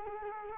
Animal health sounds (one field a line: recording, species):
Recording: mosquito wingbeat signal from an infrared sensor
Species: Culex quinquefasciatus